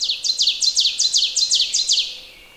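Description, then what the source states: Ovenbird song: a rapid chant of several sharp, repeated two-part phrases, loud and ringing, trailing off at the end. Bird of small woodland trails, nesting along paths and flushing across them; a distinctive song often among the first learned.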